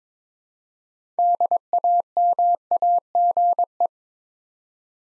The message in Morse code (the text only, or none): DAMAGE